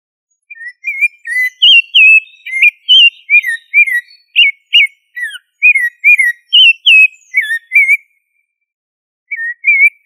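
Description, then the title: Thrush singing a fast run of varied whistled notes, some rising, some falling, then a pause before a short new phrase; otherwise quiet. "Familia Turdidae - Sabia"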